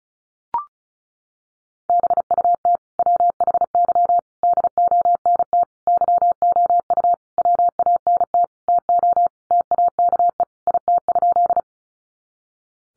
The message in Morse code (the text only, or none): BUT WHY DONT YOU WANT TO TAKE IT?